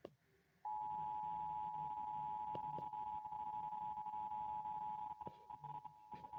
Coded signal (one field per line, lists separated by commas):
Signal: Emergency Alert System (SAME) tones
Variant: 853 and 960 Hz attention tone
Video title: TOR EAS #0007 EF RATING UNSUBMITTED